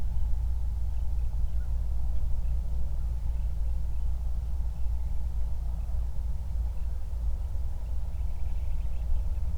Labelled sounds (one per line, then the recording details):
bird
man-made sound
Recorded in the Prudhoe Bay oil fields, Alaska, on 31 July 2019 at 08:45
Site 24